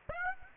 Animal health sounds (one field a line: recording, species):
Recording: mosquito wingbeat signal from an infrared sensor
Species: Aedes aegypti